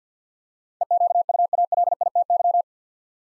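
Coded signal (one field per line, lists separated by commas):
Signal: Morse code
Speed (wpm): 50 wpm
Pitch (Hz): 700 Hz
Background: none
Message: EQUALITY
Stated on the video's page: Computer-generated head-copy drill of eight-letter words at 50 wpm, each sent in Morse, spoken, then sent again.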